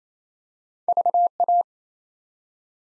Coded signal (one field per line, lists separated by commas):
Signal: Morse code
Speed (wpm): 27 wpm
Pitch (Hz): 700 Hz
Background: none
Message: VA